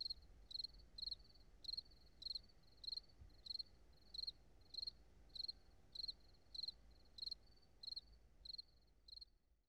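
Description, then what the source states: Cricket chirps: bright, high, clipped pulses in an even rhythm, with a soft low background hum. High desert.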